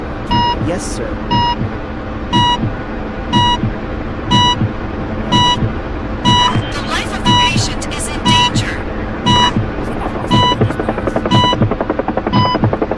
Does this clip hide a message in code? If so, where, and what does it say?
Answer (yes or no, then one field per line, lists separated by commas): no